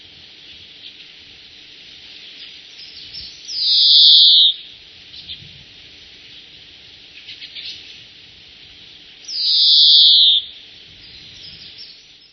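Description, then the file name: European greenfinch calling with two buzzy, nasal, drawn-out wheezes about six seconds apart, each opening with a brief sharp note, over faint constant hiss. "groenling"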